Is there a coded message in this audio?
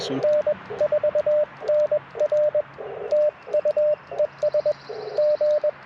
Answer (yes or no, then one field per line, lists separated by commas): yes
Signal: Morse code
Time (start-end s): 0.2-5.7 s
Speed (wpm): 20 wpm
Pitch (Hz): 600 Hz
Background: radio noise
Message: N4NR TU ES G